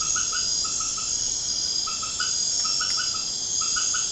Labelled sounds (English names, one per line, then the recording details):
none
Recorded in pastures near Puerto Asís, Putumayo, Colombia, on 30 June 2025 at 20:30
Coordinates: 0.496, -76.326
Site GP01